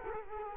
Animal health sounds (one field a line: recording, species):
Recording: mosquito wingbeat signal from an infrared sensor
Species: Culex quinquefasciatus